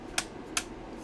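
A replacement fan's plastic clips are pressed into the two slots of an RX480 graphics card shroud. Two short, sharp clicks sound at 0.2 s and 0.6 s over a quiet background. The clips snap in and the fan is seated.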